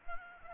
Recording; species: mosquito wingbeat signal from an infrared sensor; Aedes albopictus